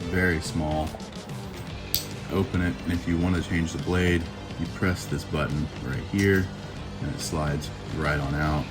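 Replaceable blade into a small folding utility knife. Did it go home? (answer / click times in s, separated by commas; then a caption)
no / none. Someone talks over background music while handling a very small folding utility knife, opening it, pressing a button to release the replaceable metal blade and sliding it out. A brief sharp tick is heard at 1.9 s. The blade has not yet been pushed back in, so nothing has snapped into place yet.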